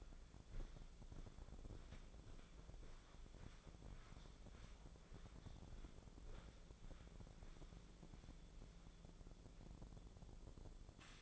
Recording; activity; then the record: daily activity, microphone in the room; walk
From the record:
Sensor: 5